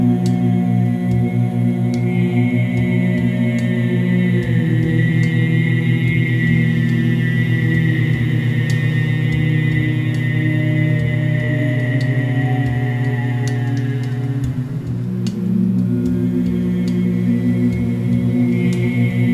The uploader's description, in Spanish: Música inspirada y creada con los sonidos del mar en Punta de Couso, gongs, carrillón, cuencos y voz.